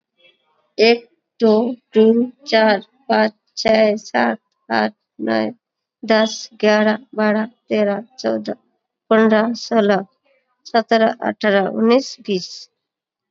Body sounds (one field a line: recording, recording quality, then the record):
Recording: counting at a normal pace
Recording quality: excellent, no background noise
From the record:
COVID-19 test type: RT-PCR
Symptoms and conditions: cough, sore throat, another condition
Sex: female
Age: 22 years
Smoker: no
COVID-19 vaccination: both doses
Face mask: worn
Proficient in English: yes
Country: India